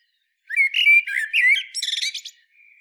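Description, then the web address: Eurasian blackbird sings a smooth, flute-like warble followed by a rapid run of high, scratchy chirping notes, then a faint thin tail note. "SETE Turdus merula"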